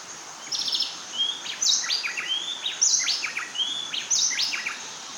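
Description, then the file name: Bay wren song: loud, rich whistled phrases with quick up-and-down notes, the same phrase pattern repeated about every second and a quarter over steady background hiss. "Bay Wren Cantorchilus nigricapillus"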